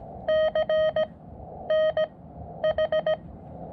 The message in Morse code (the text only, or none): CNH